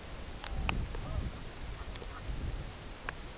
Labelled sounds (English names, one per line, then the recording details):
unidentified sound
Brent Goose
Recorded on Arctic tundra, site CORI-1, on 16 June 2018
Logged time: 18:00